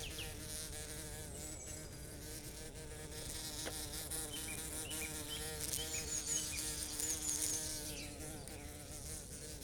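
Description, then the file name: Bumblebee wing buzz, a continuous low humming drone with wavering pitch throughout, with faint high chirps in the background. Recorded 25 April 2007. "Bumblebee 2007 04 25"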